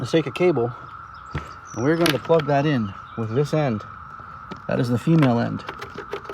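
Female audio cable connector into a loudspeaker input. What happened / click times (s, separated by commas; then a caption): The cable connector is handled but has not yet clicked into place / none. Someone talks while handling an audio cable, bringing its female end toward a main loudspeaker's input jack, which it fits only one way and locks into with a little snap. A brief sharp sound occurs at 1.4 s. Nothing has seated or clicked yet.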